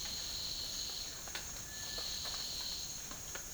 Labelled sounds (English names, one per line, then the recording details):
Cinereous Tinamou
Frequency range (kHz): Cinereous Tinamou 1.1-2.1 kHz
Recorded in dense forest near Puerto Asís, Putumayo, Colombia, on 12 March 2025 at 10:00
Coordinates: 0.484, -76.325
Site G045